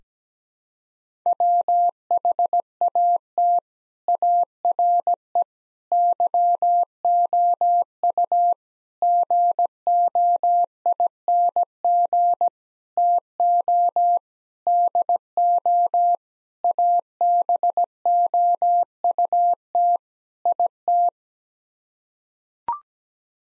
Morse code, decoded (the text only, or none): WHAT ARE YOU GOING TO DO ABOUT IT